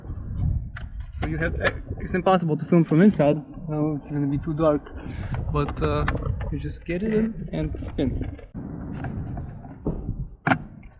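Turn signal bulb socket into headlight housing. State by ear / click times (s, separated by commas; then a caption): seated / 10.5 s. A turn signal bulb socket is pushed into the rear of the headlight housing on a 2016–2020 Honda Pilot and spun until it locks, while someone talks. A sharp click at 10.5 s marks the socket seating in the housing.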